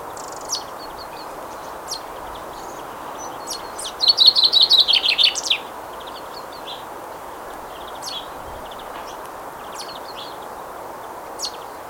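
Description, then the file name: Common chaffinch song: one short burst of rapid, high trilled notes in the middle, with scattered sharp ticks and soft steady background noise throughout. "Fringilla coelebs"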